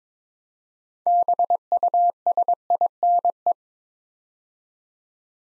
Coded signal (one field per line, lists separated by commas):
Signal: Morse code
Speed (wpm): 22 wpm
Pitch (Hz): 700 Hz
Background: none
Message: BUSINE